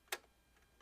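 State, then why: Seated. A second thread is flossed in between the first tension disc of a coverstitch machine and seats with a sharp, bright click at 0.1 s. A fainter, softer tick follows at 0.8 s. No one talks during the clip.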